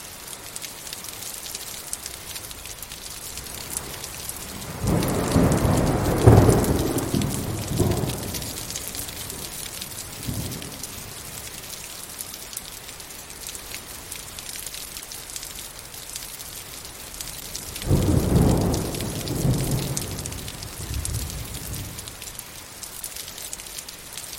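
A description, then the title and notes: Heavy rain hisses steadily and densely throughout, bright and close. Deep rolls of thunder rumble in twice, around five to eight seconds and again near eighteen to twenty-one seconds, each swelling and fading with a few lower aftershocks. MASSIVE THUNDER & RAIN | Thunderstorm Ambience with Heavy Raining.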